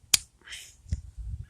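A screwdriver bit snaps into the handle of a double-ended flat/Phillips driver made for tight spots, with a loud, sharp click at 0.1 s. A soft broadband rustle, a fainter tick near 0.9 s and low handling rumble follow. The bit is seated.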